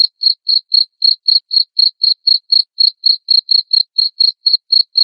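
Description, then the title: Cricket chirps, short high-pitched pulses repeated evenly about four times a second throughout. Loud cricket chirping played to make lovebirds sing continuously. "Suara JANGKRIK NGERIK Keras Bikin LOVEBIRD Jadi NGEKEK Terus Vubey"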